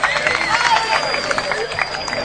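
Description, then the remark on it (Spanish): A crowd claps in a steady, dense wash of applause for a man collecting a prize alone at a tournament award ceremony, with scattered voices and cheers mixed into the noisy, sustained clatter of hands. “¡Un fuerte aplauso para el hombre que está ahí en solitario recogiendo el premio!”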